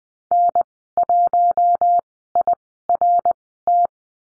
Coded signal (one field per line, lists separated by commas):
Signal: Morse code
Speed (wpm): 20 wpm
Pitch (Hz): 700 Hz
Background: none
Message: N1IRT